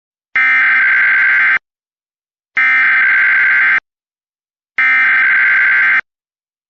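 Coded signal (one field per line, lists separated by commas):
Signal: Emergency Alert System (SAME) tones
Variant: header bursts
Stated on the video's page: Recreated, simulated EAS mock of a High Wind Warning using the Subalert screen.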